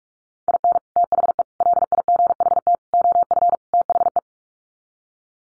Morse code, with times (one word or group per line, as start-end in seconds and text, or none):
0.5-0.8 IN
1.0-1.4 THE
1.6-2.8 LIGHT
2.9-3.6 OF
3.7-4.2 THE